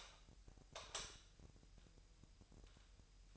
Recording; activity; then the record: daily activity, microphone in the room; light on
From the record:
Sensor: 2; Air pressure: 1001.8 hPa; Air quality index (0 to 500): 238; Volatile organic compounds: 30 ppm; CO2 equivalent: 2947 ppm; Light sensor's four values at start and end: 4/10/4/4 and 9/25/10/10